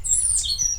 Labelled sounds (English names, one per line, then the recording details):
Stitchbird song
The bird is a male
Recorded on Tiritiri Matangi Island, New Zealand, in 2005
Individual 19, of nest box 27